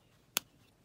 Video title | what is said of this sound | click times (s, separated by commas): Corgi Rockets Volvo P1800 Die Cast Restoration- The Saint #Diecast #corgi #restoration | Firm click and they're in. | 0.4 s